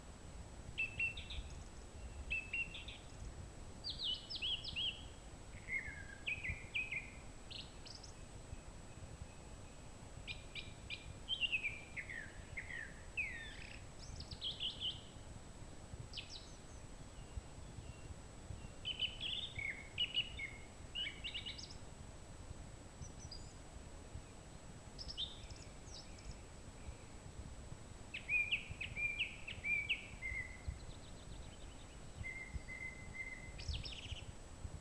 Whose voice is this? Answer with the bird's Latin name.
Turdus philomelos